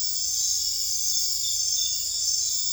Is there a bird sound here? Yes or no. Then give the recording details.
no. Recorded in dense forest near Puerto Asís, Putumayo, Colombia, on 20 December 2024 at 22:30. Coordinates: 0.482, -76.320. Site G021